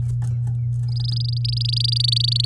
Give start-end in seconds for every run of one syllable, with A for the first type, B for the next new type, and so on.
0.88-2.45 A